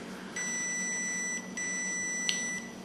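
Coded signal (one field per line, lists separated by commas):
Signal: beep code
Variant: electronic dog collar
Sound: two steady high beeps, each about a second, separated by a brief pause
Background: low room hum, click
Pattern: 2 long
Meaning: The collar has turned on successfully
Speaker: you should hear it go beep twice like that to let you know that it's turned on successfully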